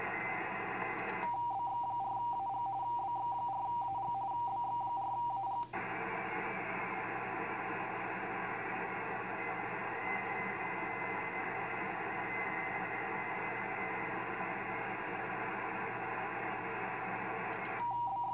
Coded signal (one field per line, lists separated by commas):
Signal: RTTY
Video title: VK9MT -- Mellish Reef 15M RTTY de BX4AG